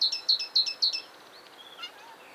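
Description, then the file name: Great tit calling: several quick sharp two-note phrases, high and bright, in the first second, then fainter scattered chirps and a brief lower note. "Parus major"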